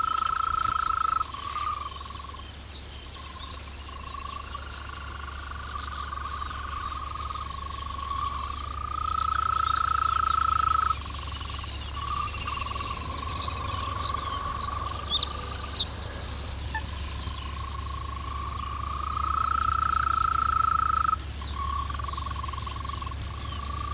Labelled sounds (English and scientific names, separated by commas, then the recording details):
Green Toad (Bufo viridis) call
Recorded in the wild
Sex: male
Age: adult
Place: Arkenberge, Berlin, DE
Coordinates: 52.6378, 13.4131
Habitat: cravel pit
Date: 1983-04-30 18:12
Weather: sunny, 17 °C
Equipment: Nagra SN, Kopie Uher 4000 Report Monitor
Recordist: Tembrock, Günter